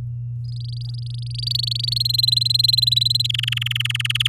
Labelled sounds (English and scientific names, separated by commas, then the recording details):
Domestic Canary (Serinus canaria) song
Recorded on 9 May 2018 at 12:54
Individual llb16